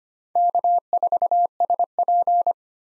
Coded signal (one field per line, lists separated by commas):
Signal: Morse code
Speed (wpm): 25 wpm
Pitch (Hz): 700 Hz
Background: none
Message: K4SP